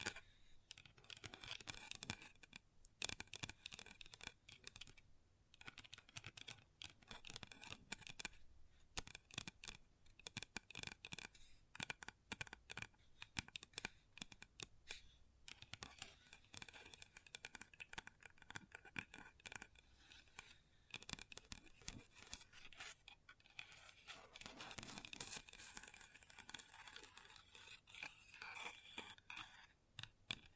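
Long nails tap and scratch on a tabletop in quick, dense bursts, crisp clicks mixed with brief scraping strokes. The pace stays busy throughout with short pauses near three, eight and fifteen seconds; the sound is bright.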